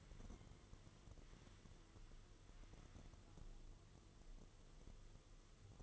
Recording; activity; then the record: daily activity, microphone in the room; wipe stove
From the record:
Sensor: 4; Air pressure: 1015.9 hPa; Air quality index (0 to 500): 158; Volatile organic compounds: 5 ppm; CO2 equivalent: 1798 ppm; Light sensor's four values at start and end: 8/19/7/7 and 8/18/7/7